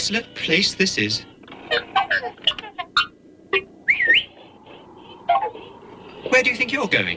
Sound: beeping and whistling